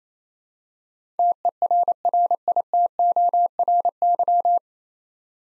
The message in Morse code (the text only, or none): TERRITORY